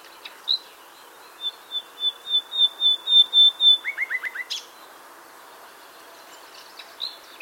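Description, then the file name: Common nightingale song: a swelling series of about ten pure, even whistles, then quick downslurred notes and a sharp flourish, with a few scattered notes afterwards. "Luscinia megarhynchos"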